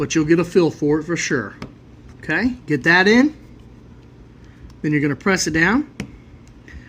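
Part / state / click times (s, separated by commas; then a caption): battery holder into car key fob housing / seated / 6.7 s. Someone talks while hooking the battery holder of a 2014+ Ram ProMaster/ProMaster City key fob into its slot in the housing, then presses it down. A sharp plastic click at 6.7 s marks the holder snapping into place, seated.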